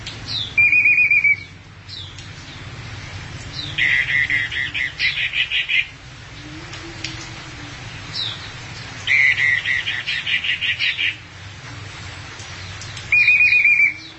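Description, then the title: Thrush song alternating short buzzy trills with longer rattling pulsed bursts, repeated a few times over a low steady hum. "burung anis x"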